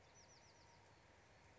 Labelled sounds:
Bewick's Wren (Thryomanes bewickii)
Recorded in Sonoma County, California

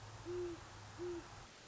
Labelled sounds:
Great Horned Owl (Bubo virginianus)
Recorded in Sonoma County, California

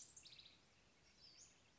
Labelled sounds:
Western Flycatcher (Empidonax difficilis)
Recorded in Sonoma County, California

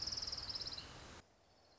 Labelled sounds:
Orange-crowned Warbler (Leiothlypis celata)
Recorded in Sonoma County, California

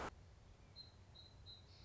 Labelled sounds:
Song Sparrow (Melospiza melodia)
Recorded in Sonoma County, California

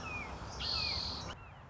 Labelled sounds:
Red-shouldered Hawk (Buteo lineatus)
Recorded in Sonoma County, California

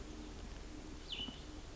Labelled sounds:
Cassin's Vireo (Vireo cassinii)
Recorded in Sonoma County, California

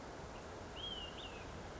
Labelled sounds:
Olive-sided Flycatcher (Contopus cooperi)
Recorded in Sonoma County, California

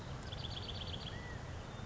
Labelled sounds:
California Quail (Callipepla californica)
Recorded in Sonoma County, California

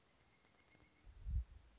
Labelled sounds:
Pileated Woodpecker (Dryocopus pileatus)
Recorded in Sonoma County, California

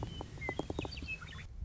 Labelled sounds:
Western Meadowlark (Sturnella neglecta)
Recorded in Sonoma County, California

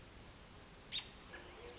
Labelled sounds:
American Robin (Turdus migratorius)
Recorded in Sonoma County, California

